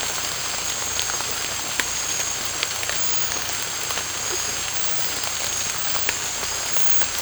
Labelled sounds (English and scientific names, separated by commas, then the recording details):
none
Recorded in secondary vegetation near Puerto Asís, Putumayo, Colombia, on 18 December 2024 at 23:30
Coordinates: 0.499, -76.323
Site G010